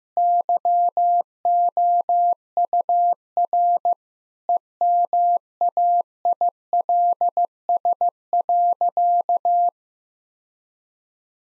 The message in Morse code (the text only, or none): YOUR EMAILS.